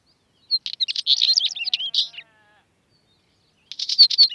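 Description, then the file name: Northern wheatear song: a scratchy, jumbled warble of quick crackling and whistled notes for about two seconds, then a pause and another fast chattering phrase. "Tapuit Oenanthe oenanthe"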